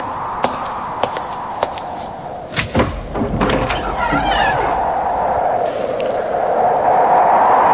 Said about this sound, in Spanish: Abrí de par en par la puerta. Tinieblas y nada más.